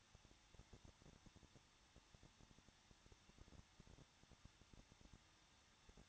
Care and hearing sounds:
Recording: daily activity, microphone in the room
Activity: no activity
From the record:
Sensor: 3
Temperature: 21.2 degrees Celsius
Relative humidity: 36.4%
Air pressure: 1006.2 hPa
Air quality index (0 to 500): 222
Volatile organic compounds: 41 ppm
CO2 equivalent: 3171 ppm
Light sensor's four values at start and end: 2/3/2/2 and 2/3/2/2

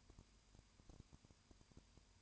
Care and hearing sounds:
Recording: daily activity, microphone in the room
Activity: no activity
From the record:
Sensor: 2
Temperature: 20.8 degrees Celsius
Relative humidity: 38.3%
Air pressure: 1010.4 hPa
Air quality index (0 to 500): 200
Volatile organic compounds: 19 ppm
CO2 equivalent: 2651 ppm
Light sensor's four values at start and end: 2/3/2/2 and 2/3/2/2

